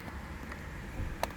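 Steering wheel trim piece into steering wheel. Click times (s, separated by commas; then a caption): 1.2 s. A carbon fiber trim piece is pressed home into a Ford F150 steering wheel on a second try after a missed attempt. Over a low, steady background hum, a faint tick comes at about 0.5 s, then a short, sharp click at 1.2 s. The trim piece is seated with only a faint sound.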